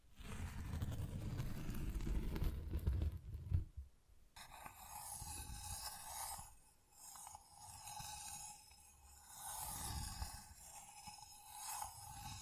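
Tapping and scratching on textured surfaces. The first four seconds are a dense, low rumbling rub, which then gives way to brighter, crisper scratching with a steady thin tone beneath it. The strokes swell and fade in uneven waves, with brief lulls around seven and ten seconds.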